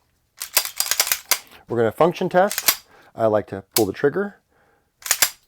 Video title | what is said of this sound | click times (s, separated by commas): CAN WE CHAT MATCH DQ | put get in there you'll hear a snap | 1.3 s